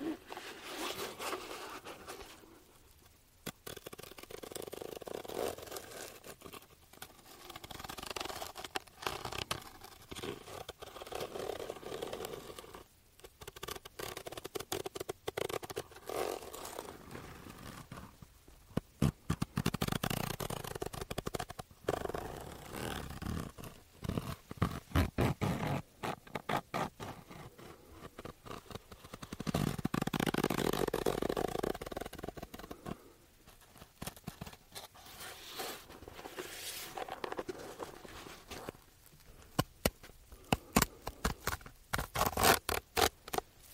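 Tapping on an aroma oil case. Crisp taps and clicks come in dense, irregular bursts, broken by short pauses near 3, 13 and 18 seconds. Softer rustling swells appear around 20 and 30 seconds.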